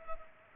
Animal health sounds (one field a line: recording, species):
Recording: mosquito wingbeat signal from an infrared sensor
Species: Culex pipiens